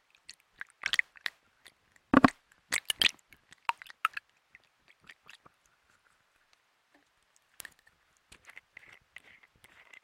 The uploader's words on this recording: Making Squoosh-os DIY Stress Balls (No Talking ASMR Quiet Play).